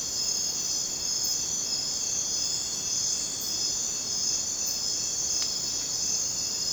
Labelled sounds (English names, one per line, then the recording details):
none
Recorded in dense forest near Puerto Asís, Putumayo, Colombia, on 19 June 2025 at 02:00
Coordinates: 0.484, -76.317
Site G045